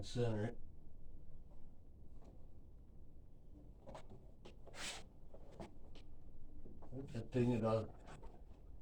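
A one-piece window blind headrail is handled and positioned for hooking on the front and pushing up into its wall or ceiling mounting bracket, with short faint knocks around 4.0, 4.5, 4.7 and 5.6 seconds while someone talks. Nothing has seated or clicked yet.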